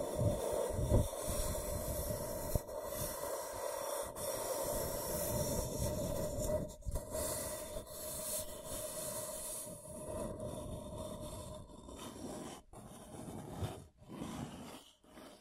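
Scratching and tracing sounds, a dense rough scraping that stays fairly steady, with brief dips and a few sharp breaks near the end.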